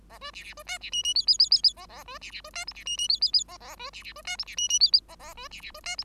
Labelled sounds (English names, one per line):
Bengalese Finch song